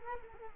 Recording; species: mosquito wingbeat signal from an infrared sensor; Culex quinquefasciatus